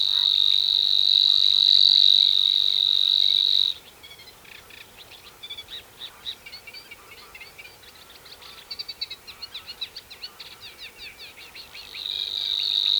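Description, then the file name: Savi's warbler: a long, even, buzzing reel stops, followed by about eight seconds of a quick, chattering, scratchy bird song, before the reel returns. "snor zang"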